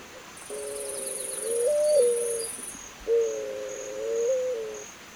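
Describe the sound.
Zenaida dove with two long, soft coos, each bending briefly higher partway through, while a high insect buzz sounds during the first.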